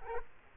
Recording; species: mosquito wingbeat signal from an infrared sensor; Culex quinquefasciatus